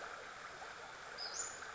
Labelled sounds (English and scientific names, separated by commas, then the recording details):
Western Flycatcher (Empidonax difficilis)
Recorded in Sonoma County, California